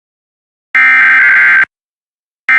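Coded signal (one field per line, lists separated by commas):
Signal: Emergency Alert System (SAME) tones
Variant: header bursts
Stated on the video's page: Sunday morning weekly tests.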